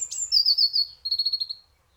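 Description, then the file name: European robin singing one thin, high whistled phrase that slides downward, then breaks into a quick pulsed trill before fading. "Erithacus rubecula"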